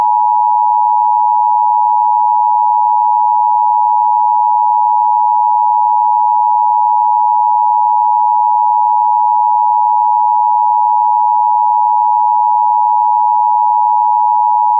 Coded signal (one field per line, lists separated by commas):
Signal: Emergency Alert System (SAME) tones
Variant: 853 and 960 Hz attention tone